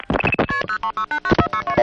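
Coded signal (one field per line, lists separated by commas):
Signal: multi-frequency trunk signalling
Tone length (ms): 90 ms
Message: KP03689462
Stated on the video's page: Vintage 1970s electromechanical telephone network sounds.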